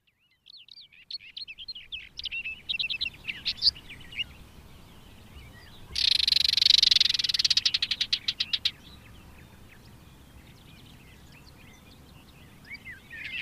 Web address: agykontroll Madardalok Cd 2. Karvalyposzáta